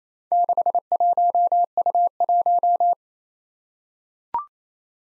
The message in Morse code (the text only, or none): 61U1